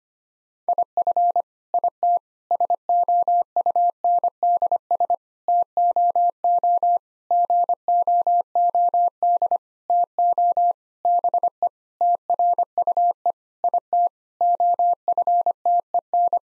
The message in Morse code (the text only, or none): IF IT SOUNDS TOO GOOD TO BE TRUE IT OFTEN